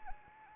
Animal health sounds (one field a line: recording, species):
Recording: mosquito wingbeat signal from an infrared sensor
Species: Anopheles arabiensis